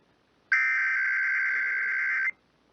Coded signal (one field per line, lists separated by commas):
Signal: Emergency Alert System (SAME) tones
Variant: header bursts